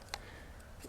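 The belt clip on the back of a plastic Glock survival knife sheath is unlatched so it can slide over a belt without taking the belt off. A single short, sharp click sounds at 0.1 s over a quiet background, and the clip is released.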